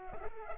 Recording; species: mosquito wingbeat signal from an infrared sensor; Culex pipiens